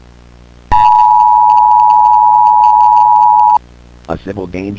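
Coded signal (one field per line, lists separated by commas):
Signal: Emergency Alert System (SAME) tones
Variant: 853 and 960 Hz attention tone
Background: speech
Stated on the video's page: Fictional EAS scenario.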